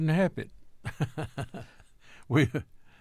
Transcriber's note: laughter